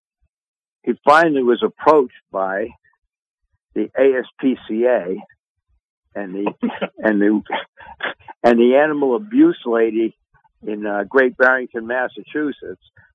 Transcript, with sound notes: he finally was approached by the ASPCA, and the-
(laughs)
... and the, (laughs) and the animal abuse lady in, uh, Great Barrington, Massachusetts,